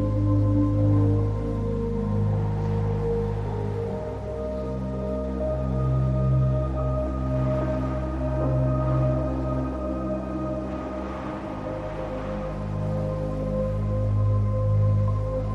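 Slow ambient music fills a wind-swept snowy forest scene: long held low tones and soft sustained chords that shift gently every few seconds. A faint airy hiss rises briefly around the middle and again near twelve seconds, and the overall level stays steady throughout.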